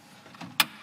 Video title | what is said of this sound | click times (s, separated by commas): The Future of Digital Dentistry from Google Cloud and Dentsply Sirona | you hear a little audible click | 0.6 s